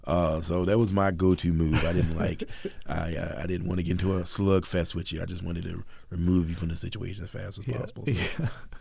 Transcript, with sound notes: So that was my go-to move.
(Laughter).
I didn't like - I didn't want to get into a slugfest with you. I just wanted to remove you from the situation as fast as possible.